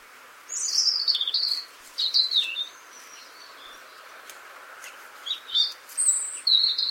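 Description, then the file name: European robin song: several short, high, sweet warbling phrases separated by brief pauses, with faint background hiss throughout. "Erithacus rubecula"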